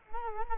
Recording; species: mosquito wingbeat signal from an infrared sensor; Culex quinquefasciatus